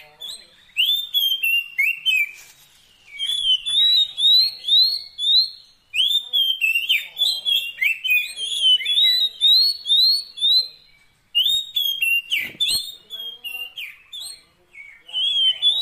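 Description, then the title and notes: Oriental magpie-robin song, a long stream of repeated rising whistles and varied chirps with only brief pauses between phrases. Long-duration fill-in (isian) song meant to make a magpie-robin sing actively day and night. "Kacer Jadi Gacor Siang Malam. Isian Kacer Durasi Panjang"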